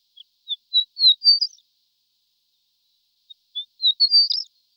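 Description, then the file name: Horned lark song: two short phrases of thin, high tinkling notes that rise into a jumbled twitter, separated by a pause of about two seconds. "Skrivan ouskaty Eremophila alpestris"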